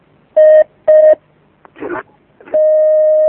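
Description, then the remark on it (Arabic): Two short, loud electronic phone tones beep in quick succession, followed by a brief burst of noisy static, then a steady sustained tone as a caller's call connects to a phone-in question program with Sheikh Abdulkarim Al-Khudair. “اتصال آخر.”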